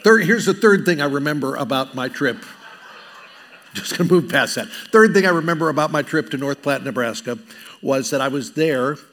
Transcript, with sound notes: Here's the third thing I remember about my trip. (audience laughing) Just gonna move past that. Third thing I remember about my trip to North Platte, Nebraska, was that I was there